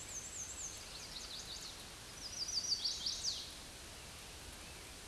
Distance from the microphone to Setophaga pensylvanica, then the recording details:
about 35 m. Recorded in a Pennsylvania forest on 18 May 2023 at 06:20. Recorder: AudioMoth, point grid1_41_low. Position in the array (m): 120 m, 210 m